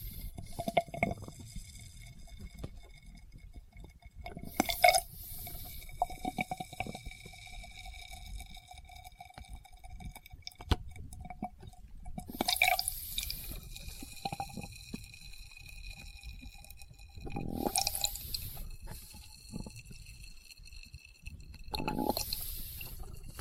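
Test tubes are handled up close, with wet squishing and sloshing of liquid. Bright glassy clinks and sizzling bursts arrive around 5, 13, 18 and 22 seconds, while a low soft rumble and faint ringing tones fill the quieter stretches between.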